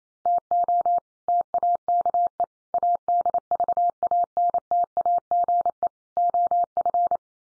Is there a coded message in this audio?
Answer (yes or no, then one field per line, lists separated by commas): yes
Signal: Morse code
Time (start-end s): 0.3-7.2 s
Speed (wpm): 28 wpm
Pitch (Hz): 700 Hz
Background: none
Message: TO TAKE ADVANTAGE OF